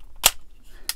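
The plastic legs of a Wei Jiang MPP10-Z Battle Commander figure, a damaged knock-off of the Transformers Masterpiece MP10 Optimus Prime, are retracted into the torso during transformation. A bright, broadband snap sounds at 0.3 s, followed by a quieter stretch. A sharp click at 0.9 s marks the leg joint locking in place.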